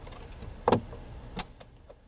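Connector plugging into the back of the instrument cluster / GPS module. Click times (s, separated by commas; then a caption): 0.7 s. A connector is pushed into the back of the instrument cluster / GPS module on a 2011-16 Ford Explorer by reaching up behind the cluster area, as part of fixing GPS navigation that has no signal and shows the wrong location. A sharp snap at 0.7 s marks the connector seating home, followed by a smaller click near 1.4 s and faint handling noise. The connector is seated.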